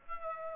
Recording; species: mosquito wingbeat signal from an infrared sensor; Aedes aegypti